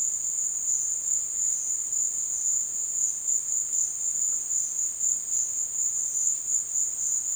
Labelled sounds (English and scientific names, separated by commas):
none